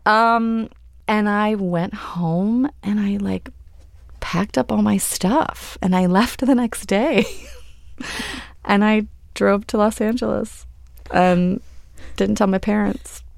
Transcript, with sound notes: And I went home, and I, like, packed up all my stuff, and I left the next day (laughter). And I drove to Los Angeles and didn't tell my parents.